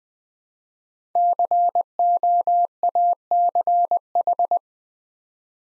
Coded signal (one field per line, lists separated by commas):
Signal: Morse code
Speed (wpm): 20 wpm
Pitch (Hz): 700 Hz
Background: none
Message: COACH